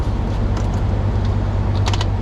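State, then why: Torque reached. A ratcheting fuel cap on a diesel truck's fuel system is turned back on by hand, without a wrench, until it clicks at its torque limit. Over a steady low engine-like hum, a quick series of sharp clicks sounds at 1.9, 1.9 and 2.0 seconds as the cap reaches its torque limit.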